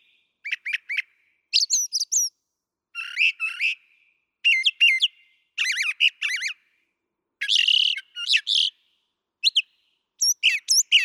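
Brown thrasher delivering a string of varied phrases, harsh chips, slurred whistles and buzzy notes, many repeated twice, with brief pauses.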